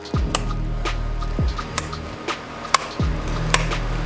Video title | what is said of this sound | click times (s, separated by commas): How To Change Spark Plugs on the VW 2.5 Engine and What Spark Plugs You Should be Using | So 5 clicks, 5 pops, and you've got new spark plugs in. | 0.3 s, 1.8 s, 2.7 s, 3.5 s